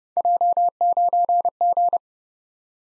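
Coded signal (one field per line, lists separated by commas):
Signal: Morse code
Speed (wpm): 28 wpm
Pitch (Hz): 700 Hz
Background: none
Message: J9G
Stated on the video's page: Morse code head-copy drill at 30 wpm: random three-character letter-number groups, each sent, spoken, then sent again.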